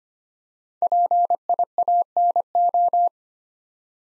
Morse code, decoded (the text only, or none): PIANO